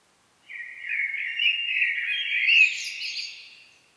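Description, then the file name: Common blackbird singing one long mellow phrase of fluty notes that builds to a squeaky high flourish near its end. "Turdus merula"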